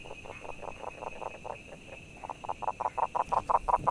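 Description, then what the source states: Frog calls, a rapid series of short pulsed croaks growing louder toward the end, over a steady background hum. Recorded 22 June 2019.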